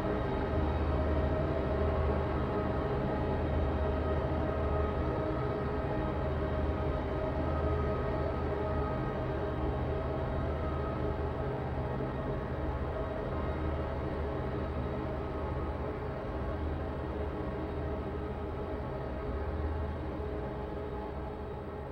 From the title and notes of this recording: Polyphonic drone sequence, sounds created in Pure Data.